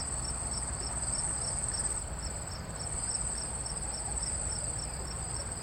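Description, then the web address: Cicada song: a shrill, unbroken high buzz with evenly spaced soft pulses, set against a steady deep background hum. "цикады"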